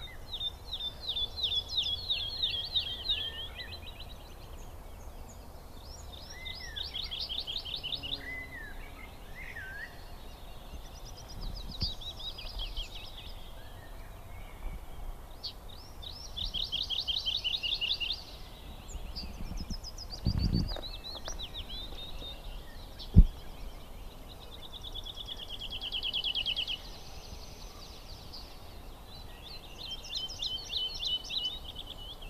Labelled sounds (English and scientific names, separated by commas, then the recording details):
Wood Lark (Lullula arborea) song
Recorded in the wild
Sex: male
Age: adult
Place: Schönow, Naturpark Barnim, Brandenburg, DE
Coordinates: 52.6938, 13.507
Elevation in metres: 68
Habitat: heath
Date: 2014-04-23 16:38
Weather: cloudy, 20°C, weak wind
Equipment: Sound Devices 702, Sennheiser MKH 70, Rycote Windschutz
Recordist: Frommolt, Karl-Heinz